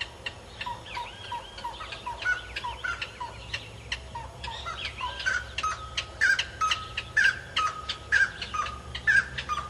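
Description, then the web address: Grey-cowled wood rail song, a slow series of clucks building into loud, rhythmic squawking phrases repeated about once a second, with other chattering notes mixed in. "cantos chiricote"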